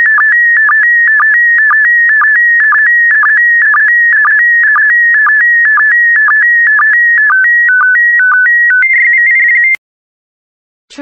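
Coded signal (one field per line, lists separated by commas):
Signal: SSTV (slow-scan television)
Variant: PD120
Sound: steady warbling tone near 1.9 kHz with rhythmic low chirps twice a second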